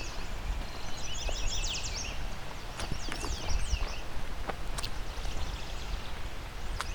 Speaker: As you can hear, it's a lot of sweeter than sweet songs. All yellow warblers.